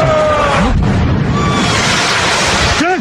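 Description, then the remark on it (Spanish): A suspect's explosive charge, set off by the attacker himself, detonates in a loud, broad roar that fills about three seconds without fading, while brief voiced shouts rise and fall over the din. “Entonces, uno de los sospechosos activa su carga explosiva.”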